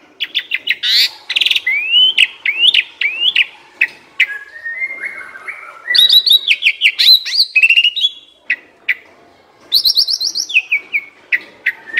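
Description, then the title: Asian pied starling song of rising whistled notes in quick series, a descending run, chattering bursts and a high rapid trill. Masteran (training song) for birds that sing too little and are sluggish. "Masteran Jalak Suren Atasi Burung KURANG GACOR Dan LOYO"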